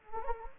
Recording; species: mosquito wingbeat signal from an infrared sensor; Anopheles gambiae